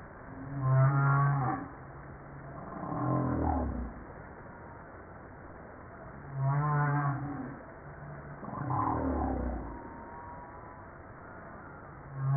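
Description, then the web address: Humpback whale song: low moans alternating with broad downswept groans, a regular pattern repeating about every six seconds over faint hiss. Recorded 5 March 1994. "PMahe Voile'Ocean 940305 HUMPBACK"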